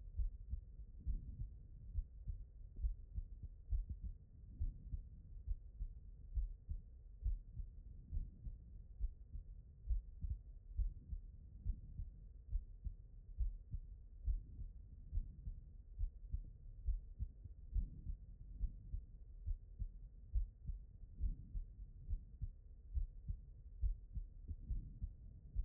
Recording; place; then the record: heart sounds by stethoscope; pulmonary valve (PV)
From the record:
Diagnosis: non-HFrEF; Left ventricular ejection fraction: 55%